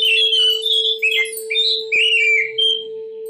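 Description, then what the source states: Oriental magpie-robin singing a quick, varied string of sweet whistles and slurred notes almost without pause, with a low hum behind. Long-duration chirping.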